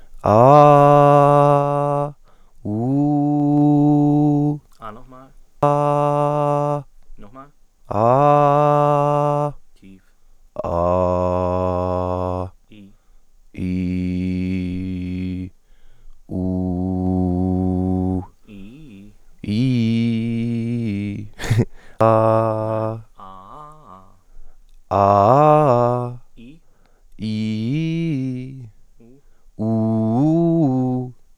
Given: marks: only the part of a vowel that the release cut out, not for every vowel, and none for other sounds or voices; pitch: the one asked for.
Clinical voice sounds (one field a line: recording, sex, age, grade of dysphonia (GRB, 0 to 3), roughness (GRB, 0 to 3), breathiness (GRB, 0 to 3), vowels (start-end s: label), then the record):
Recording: sustained vowels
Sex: male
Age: 20 to 29 years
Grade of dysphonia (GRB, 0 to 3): 0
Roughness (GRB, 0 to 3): 0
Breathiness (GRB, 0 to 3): 0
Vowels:
0.68-2.05 s: vowel /a/, high pitch
3.02-4.42 s: vowel /u/, high pitch
10.79-12.36 s: vowel /a/, low pitch
13.72-15.31 s: vowel /i/, low pitch
16.45-18.09 s: vowel /u/, low pitch
25.01-25.96 s: vowel /a/, low-high-low pitch
27.30-28.27 s: vowel /i/, low-high-low pitch
29.69-30.94 s: vowel /u/, low-high-low pitch
From the record:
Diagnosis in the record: healthy voice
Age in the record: 22 years